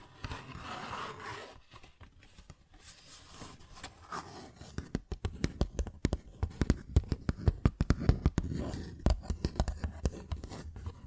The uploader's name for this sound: Paper Bag Tapping and Scratching Sounds